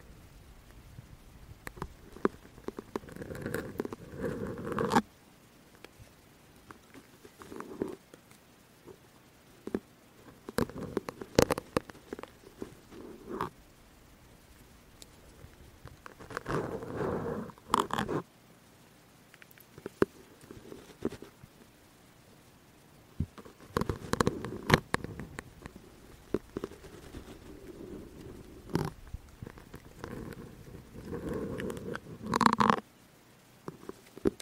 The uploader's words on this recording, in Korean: 주사기 소리 열심히 담아봤어요.